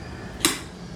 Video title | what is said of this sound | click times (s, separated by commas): GACIRON RAPTOR 1800 Review: Is This The Best 1800 Lumen Bike Light for The Money? | locks into place | 0.4 s